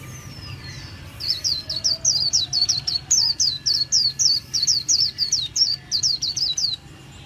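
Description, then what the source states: White-eye delivering one long, steady series of high downslurred notes, about three per second for nearly six seconds, over low ambient hum. Song style called 'líu' in Vietnamese.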